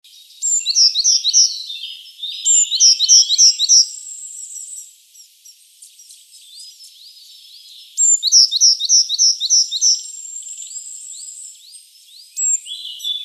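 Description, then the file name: Eurasian blue tit calls in three loud bursts of rapid high chirps, each a quick series of descending notes, with softer thin notes between and a final short burst. "Cyanistes caeruleus"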